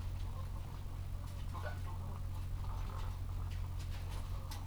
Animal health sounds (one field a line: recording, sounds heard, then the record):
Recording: poultry house recording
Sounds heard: sick chickens (respiratory disease)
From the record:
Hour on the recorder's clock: 14